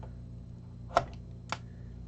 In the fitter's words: that was a nice satisfying click